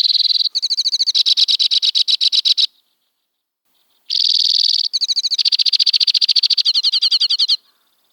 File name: White winged Crossbill